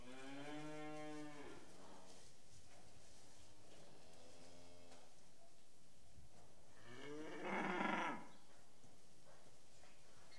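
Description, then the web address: Cattle mooing several times: a harmonic moo, then softer lowing, then a loud, hoarse, bellowing moo near the end. "The BBC Sound Effects Library. Cattle"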